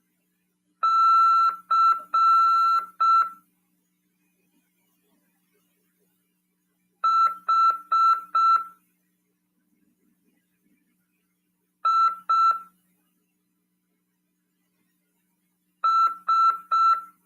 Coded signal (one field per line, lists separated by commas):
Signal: Morse code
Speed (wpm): 6 wpm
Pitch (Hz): 1340 Hz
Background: music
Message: C H I S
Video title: RADIOAMADOR 24/9/2022 "AULA 9: CW, C. RODADA e LEGISLAÇÃO" PY2EXU PAULO SP/SP 22 ANOS de RAF/CRASP.